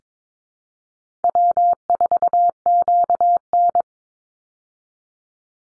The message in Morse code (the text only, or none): W4QN